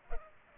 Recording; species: mosquito wingbeat signal from an infrared sensor; Culex pipiens